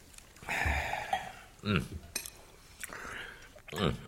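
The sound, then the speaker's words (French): Cutlery clinks and scrapes against plates in a few sharp, bright bursts, with soft murmured voices underneath during a meal. “Eh bien, à nos couverts.”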